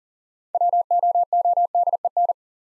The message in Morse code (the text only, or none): WOODEN